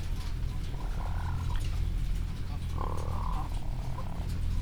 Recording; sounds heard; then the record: poultry house recording; sick chickens (respiratory disease)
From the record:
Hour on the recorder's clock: 17